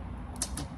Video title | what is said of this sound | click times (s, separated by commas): WERCHTAY 100 Watt Solar Panel, High Efficiency Monocrystalline Solar Panel Review | make sure you hear them snap | 0.4 s